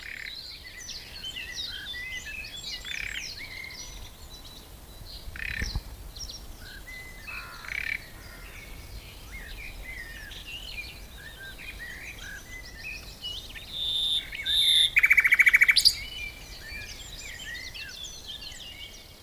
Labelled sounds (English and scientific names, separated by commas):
Common Nightingale (Luscinia megarhynchos) song